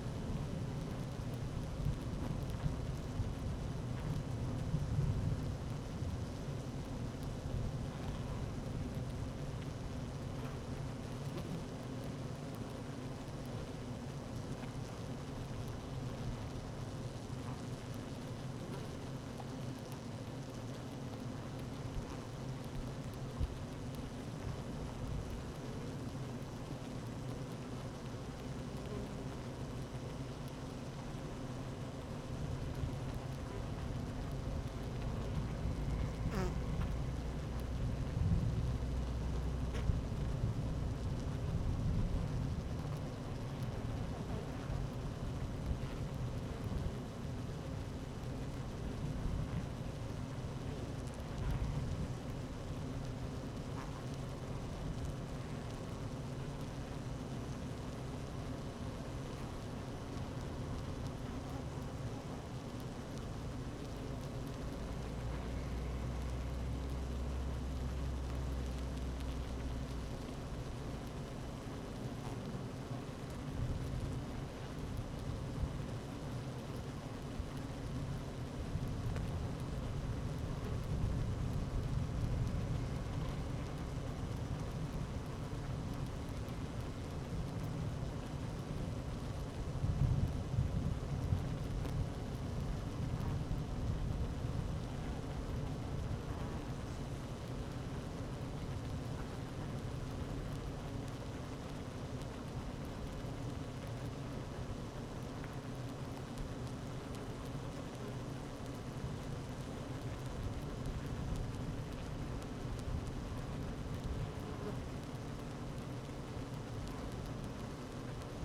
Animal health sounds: honeybee colony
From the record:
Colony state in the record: active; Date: 12 June 2018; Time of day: 12:24

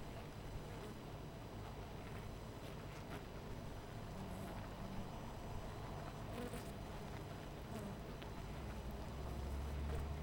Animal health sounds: honeybee colony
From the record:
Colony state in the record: missing queen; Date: 14 July 2017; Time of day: 12:40

